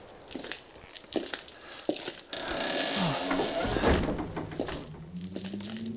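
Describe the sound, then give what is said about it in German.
A heavy church door is forced open: scattered knocks and thuds give way to a long, loud grinding creak with a low groaning drone underneath, lasting several seconds. “Diese verdammte Tür.”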